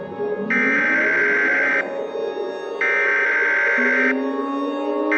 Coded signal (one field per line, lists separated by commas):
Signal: Emergency Alert System (SAME) tones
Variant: header bursts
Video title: Mock for a city that's been destroyed 4 million times in EAS Scenarios!